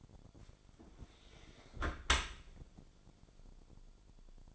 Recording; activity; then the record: daily activity, microphone in the room; close dishwasher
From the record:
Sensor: 5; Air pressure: 1006.9 hPa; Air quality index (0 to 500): 183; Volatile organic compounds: 5 ppm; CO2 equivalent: 1748 ppm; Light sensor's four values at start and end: 53/148/58/58 and 53/148/58/58